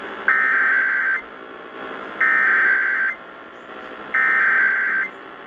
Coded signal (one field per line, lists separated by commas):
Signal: Emergency Alert System (SAME) tones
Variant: header bursts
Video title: December 2023 Louisiana Required Monthly Test on WWL-AM (EAS #540)